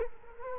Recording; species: mosquito wingbeat signal from an infrared sensor; Culex quinquefasciatus